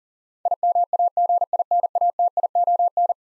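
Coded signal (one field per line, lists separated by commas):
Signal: Morse code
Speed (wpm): 37 wpm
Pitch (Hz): 700 Hz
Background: none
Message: IMAGINATION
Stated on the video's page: 40 wpm Morse head-copy drill of eleven-letter words; each is sent, spoken, then sent again.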